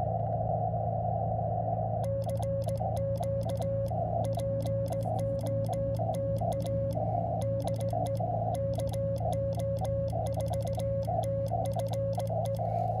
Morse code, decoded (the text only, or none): CQ POTA DE KO4TFE